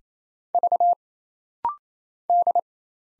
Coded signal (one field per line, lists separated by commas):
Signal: Morse code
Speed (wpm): 27 wpm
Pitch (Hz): 700 Hz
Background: none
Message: V D